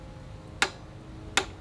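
A torque wrench set to 48 ft-lb is pulled on the axle/hub nut of a front wheel while the part is held, tightened to avoid it falling off loose or ruining the bearings if too tight. Two sharp, brief clicks ring out at 0.6 s and 1.4 s over a quiet background. The wrench clicks at its setting, confirming the nut is torqued to 48 ft-lb.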